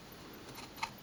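The plastic handle of a 5-inch HD Colorfull handheld electronic magnifier is slid along its rail by hand, with faint, steady handling noise and one short, sharp tick at about 0.8 s. The handle is still being handled and nothing has seated or clicked into the rail yet.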